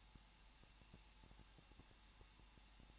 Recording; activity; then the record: daily activity, microphone in the room; no activity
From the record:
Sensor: 1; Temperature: 20.1 degrees Celsius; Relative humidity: 39.4%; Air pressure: 1006.4 hPa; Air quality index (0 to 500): 218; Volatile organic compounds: 80 ppm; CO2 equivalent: 3608 ppm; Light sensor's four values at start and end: 1/2/1/1 and 1/2/1/1